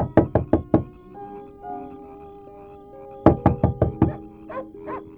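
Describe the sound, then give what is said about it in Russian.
Soft knocking on the door of a house on the outskirts of town comes in two quick rounds, about five light raps, a pause, then roughly six more in an even rhythm over a faint steady hum. “Несколько минут спустя он подошел к одному дому на окраине и тихонько постучал в дверь.”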